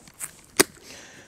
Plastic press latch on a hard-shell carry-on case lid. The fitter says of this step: have a kind of a reassuring snap and they lock into place nicely.